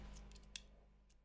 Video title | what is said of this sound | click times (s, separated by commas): iFixit Pro Tech Toolkit 70 pcs Unboxing - Newsmakers Studio | let's get a bit and let's stick the bit in here, and it's got a very satisfying click. | 0.6 s